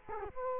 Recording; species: mosquito wingbeat signal from an infrared sensor; Culex quinquefasciatus